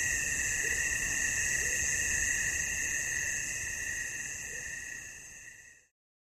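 Cricket: steady unbroken high trilling, fading out near the end into silence; a few faint low calls underneath.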